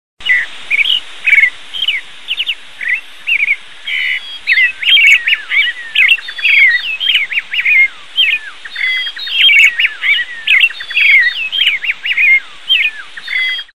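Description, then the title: Birds chirping: many short, sharp, high chirps and twittering notes in bursts, denser after the first few seconds. "زقزقت ألعصافير"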